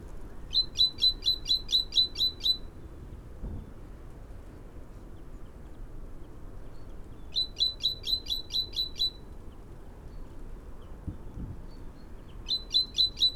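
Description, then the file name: Great tit repeats bursts of around eight rapid, high, metallic notes, three bursts with several-second gaps of low background noise between them. "Parus major"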